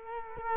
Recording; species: mosquito wingbeat signal from an infrared sensor; Culex quinquefasciatus